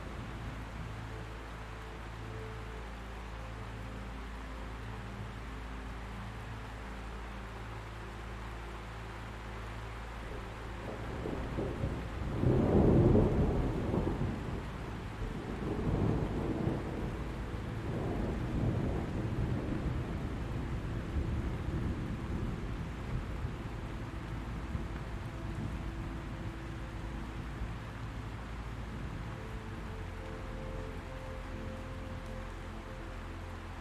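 A low roll of thunder swells around the twelve-second mark, peaks near thirteen seconds, and rumbles on in fading waves until about twenty seconds. Beneath it, a soft, steady bed of low sustained tones and faint rain-like hiss carries through the whole stretch.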